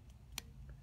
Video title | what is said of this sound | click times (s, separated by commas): HD 1080P Mini Action Sport Camera Hawkeye Firefly Micro Cam | slide it in and it clicks into place and we are allowed access to all of the functional buttons on the top | 0.4 s